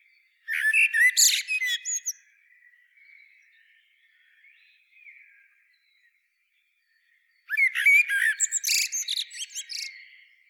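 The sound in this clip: Common blackbird song: a warbled phrase with loud high squeaky notes, about five seconds of near silence with faint notes, then a second similar phrase.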